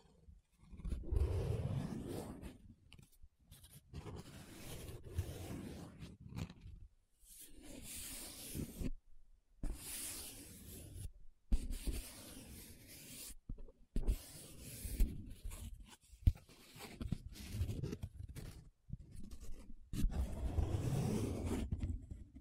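Paper being rubbed and scratched in irregular bursts of dry, hissing friction, some low and rumbling, broken by short silent gaps throughout.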